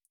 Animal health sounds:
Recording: hydrophone in a shrimp aquaculture tank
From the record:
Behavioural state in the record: feeding

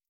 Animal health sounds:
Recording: hydrophone in a shrimp aquaculture tank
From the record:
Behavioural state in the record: stressed

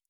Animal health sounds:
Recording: hydrophone in a shrimp aquaculture tank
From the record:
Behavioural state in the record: normal

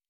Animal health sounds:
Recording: hydrophone in a shrimp aquaculture tank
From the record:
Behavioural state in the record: normal

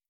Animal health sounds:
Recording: hydrophone in a shrimp aquaculture tank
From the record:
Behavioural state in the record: starved

